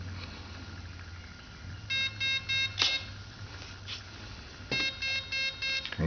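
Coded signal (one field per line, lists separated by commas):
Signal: beep code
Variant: Align ESC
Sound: two groups of four short buzzy electronic beeps from a speed controller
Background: low hum, small room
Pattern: 4 short, 4 short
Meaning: Programming menu item number four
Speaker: number four i'm gonna get four beeps five times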